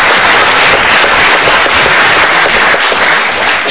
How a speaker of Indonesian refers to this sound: Super sekali. Kita berikan tepuk tangan.